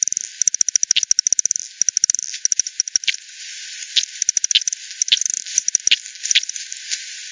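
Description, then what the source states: Bat calls heard as crisp clicks in dense trains broken by short pauses, against a continuous hiss. Multiple bats, Hogsmill River at Hogsmill Lane, 7 October 2020, 18:10; frequency-divided by ten, band-pass filtered and resampled.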